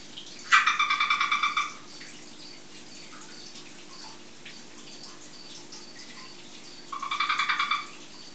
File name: Rotaugenlaubfrosch Paarungsruf